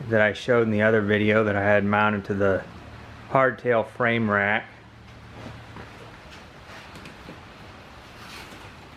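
Someone talks for the first four and a half seconds while handling a Topeak MTX rack bag, about to slide it onto the top rail of a Topeak QR Beam quick-release seat post rack on a full-suspension bike. After the talk, only faint, low handling rustle is heard until the end. Nothing has locked or seated yet.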